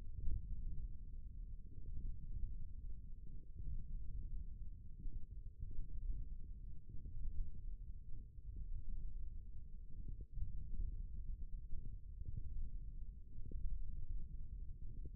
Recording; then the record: forearm muscle sounds (acoustic myography)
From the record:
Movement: thumb flexion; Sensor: system 1, eight BSWA MPA416 microphones around the upper forearm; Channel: 1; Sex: male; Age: 18 years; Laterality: right